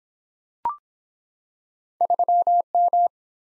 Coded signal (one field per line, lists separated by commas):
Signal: Morse code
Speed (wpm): 23 wpm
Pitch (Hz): 700 Hz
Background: none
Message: 3M